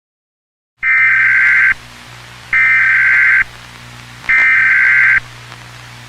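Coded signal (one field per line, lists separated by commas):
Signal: Emergency Alert System (SAME) tones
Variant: header bursts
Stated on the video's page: Fictional Jurassic World analog horror scenario using valid EAS tones, made for a contest, not real.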